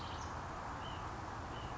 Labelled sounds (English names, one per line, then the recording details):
White-breasted Nuthatch
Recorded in Sonoma County, California